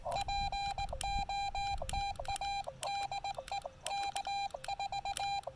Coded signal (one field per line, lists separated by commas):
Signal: Morse code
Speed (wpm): 20 wpm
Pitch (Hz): 800 Hz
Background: none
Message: POTA DE K4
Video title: New radio day! A quick field activation on the Blue Ridge Parkway.